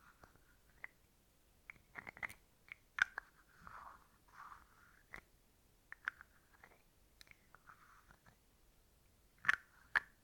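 Dry tapping sounds land in sharp, irregular clicks, clustering around two to three seconds and again near nine and a half to ten seconds. Soft brushing swishes fill the gaps, including a longer one near four seconds.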